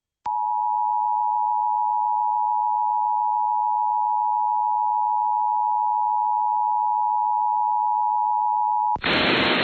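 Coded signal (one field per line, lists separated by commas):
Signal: Emergency Alert System (SAME) tones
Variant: 853 and 960 Hz attention tone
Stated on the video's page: EAS Required Monthly Test, Minnesota statewide, relayed by FM stations KDAL Duluth, KOWZ Waseca and KWNG Red Wing; the KWNG relay failed.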